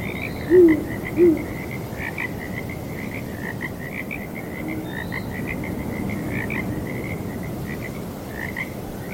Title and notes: Owls Hooting and Frogs on Breezy Night. Sleep and Relaxation Podcast